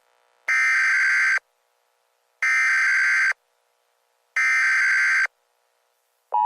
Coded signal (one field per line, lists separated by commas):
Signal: Emergency Alert System (SAME) tones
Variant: header bursts